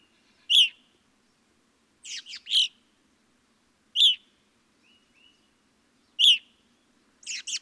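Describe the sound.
Evening grosbeak calls, strong ringing chirps spaced a second or two apart, with quick runs of two or three burry notes mixed in.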